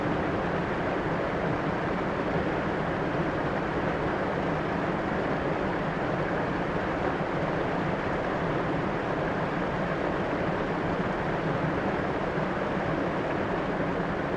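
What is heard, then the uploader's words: Water runs beneath ice in a steady, muffled rush that never lets up, thick with low rumble and a dense hiss through the middle range. A faint, even hum sits low in the sound throughout, and nothing else breaks through. A River Under The Ice. In a cabin far up in the mountains, I had the opportunity to record a frozen river. It was obviously not completely frozen, as I could hear running water under the ice. I recorded in several different places, as the sound changed every time I moved the microphone a few centimeters. Cold Christmas morning.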